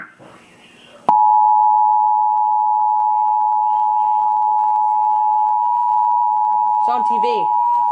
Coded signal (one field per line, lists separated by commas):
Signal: Emergency Alert System (SAME) tones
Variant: 853 and 960 Hz attention tone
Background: speech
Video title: Tornado Warning On NOAA WX Radio and TV!!! (EAS #595)